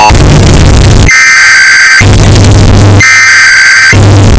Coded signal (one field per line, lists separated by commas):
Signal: Emergency Alert System (SAME) tones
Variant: header bursts